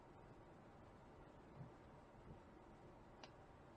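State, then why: Seated. An electrical connector, likely a coil or injector plug, is flipped over to check its orientation and pushed back onto its engine component on a 1979 GMC C15 with an LS swap, while chasing a misfire code. Over a steady low background hiss, a short, sharp click sounds at 3.2 seconds. The connector is seated.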